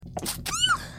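An adult sneezes once.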